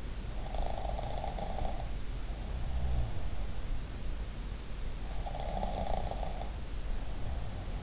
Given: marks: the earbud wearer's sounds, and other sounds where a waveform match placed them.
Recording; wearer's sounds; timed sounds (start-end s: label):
sounds in sleep by an in-ear microphone; snoring breath
0.42-2.91 s: snoring breath
5.06-7.83 s: snoring breath